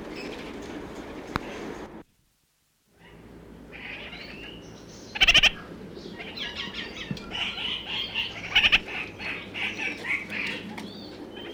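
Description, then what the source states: Red-crowned parakeet calls: after a brief silent gap, a stream of nasal chattering notes with two loud rattling bursts, set against a low background hum. New Zealand.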